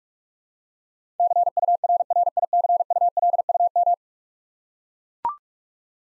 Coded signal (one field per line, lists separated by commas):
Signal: Morse code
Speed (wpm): 41 wpm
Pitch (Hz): 700 Hz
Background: none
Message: CURRICULUM